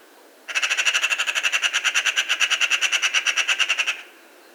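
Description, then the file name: Eurasian magpie giving a harsh, rattling chatter, a steady burst of many rapid, grating notes lasting over three seconds, with quiet background otherwise. "Pica pica"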